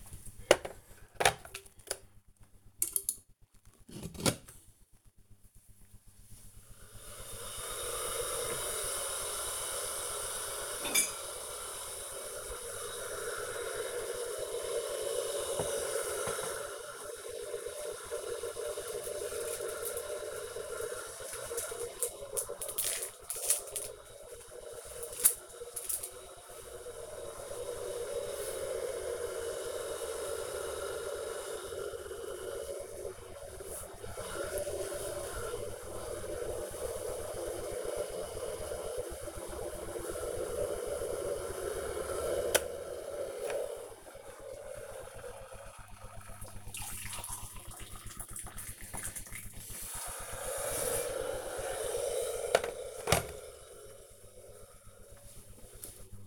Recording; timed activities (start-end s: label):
household activities, microphone on the right wrist
0.00-51.97 s: making tea